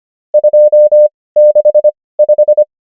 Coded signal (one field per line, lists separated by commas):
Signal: Morse code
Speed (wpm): 25 wpm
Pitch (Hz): 600 Hz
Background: none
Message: 265